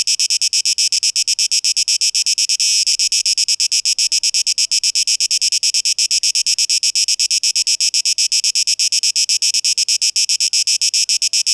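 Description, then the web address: Cicada singing a continuous high rasping buzz made of fast, even pulses, unbroken for the whole stretch. 12 August 2023. "rauschpartikel 2023-08-12 Zikaden"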